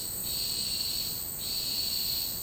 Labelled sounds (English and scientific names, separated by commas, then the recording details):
none
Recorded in dense forest near Puerto Asís, Putumayo, Colombia, on 24 March 2025 at 10:00
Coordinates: 0.485, -76.318
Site G056